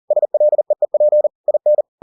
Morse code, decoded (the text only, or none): SLEEP IN